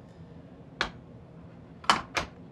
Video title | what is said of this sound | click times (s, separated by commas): Kuat Grip Ski and Snowboard Rack Demonstration by Racks For Cars | close the ski rack you'll simply pull down on the top leaver till it clicks into position | 1.9 s